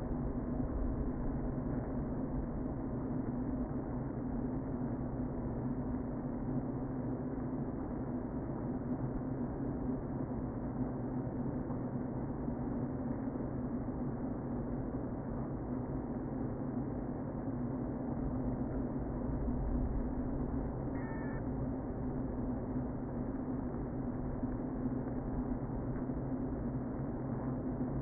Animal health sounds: honeybee colony, microphone inside the hive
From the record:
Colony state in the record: queen present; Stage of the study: before two queens were removed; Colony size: about 60,000 bees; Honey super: yes

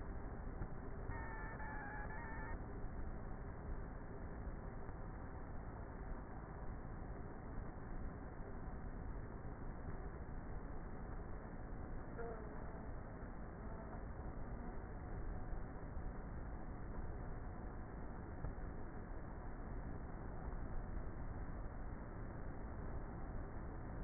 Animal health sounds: honeybee colony, microphone inside the hive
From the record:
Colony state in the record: queenless with a low population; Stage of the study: before two queens were removed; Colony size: about 30,000 bees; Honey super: no

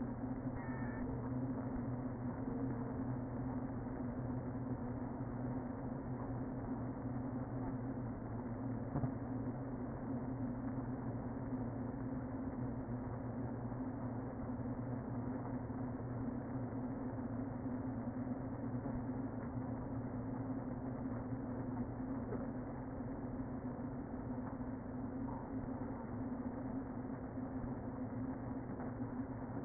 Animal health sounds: honeybee colony, microphone inside the hive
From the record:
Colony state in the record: queen present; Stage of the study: before two queens were removed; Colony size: about 60,000 bees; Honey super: yes

